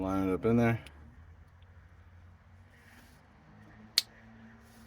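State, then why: Seated. Someone talks briefly at the start while the mounting plate for an overhead QD paracord grab handle is lined up in the overhead roof handle mount of a 5th Gen 4Runner SUV and pushed in. After a quiet stretch, a single sharp snap at 4.0 s marks the plate popping into place, seated.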